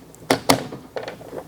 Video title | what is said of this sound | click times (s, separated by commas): DIY Water Softener Installation Made Easy: Step-by-step Guide | You can hear it snap in. | 0.3 s, 0.5 s